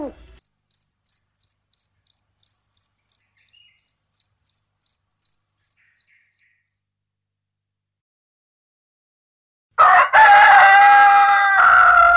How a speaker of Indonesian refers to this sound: Ayam berkokok, siang pun datang menjelang.